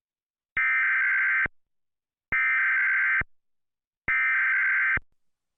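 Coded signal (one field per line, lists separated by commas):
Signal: Emergency Alert System (SAME) tones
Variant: header bursts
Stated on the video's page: Fictional EAS scenario about a hostage situation; tones are valid, with headers generated for EASyPLUS sections.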